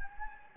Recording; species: mosquito wingbeat signal from an infrared sensor; Anopheles gambiae